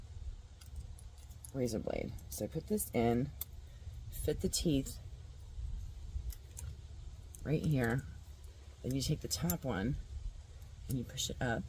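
A metal razor blade is fitted onto the teeth of a razor scraper holder while someone talks, with light metallic taps and jingles from handling the blade. The top piece is about to be pushed up to lock it, but nothing has seated or clicked yet.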